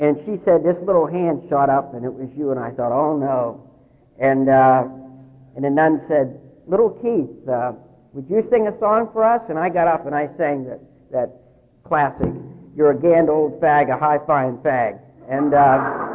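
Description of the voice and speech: A man narrates fluently, then briefly sings a patriotic song line imitating how he sang it in first grade, dropping consonants: 'gand old fag, a high fine fag'. This simplification of consonant clusters reflects a tremendous childhood speech impediment, imitated by an adult, for which he had surgery in third grade.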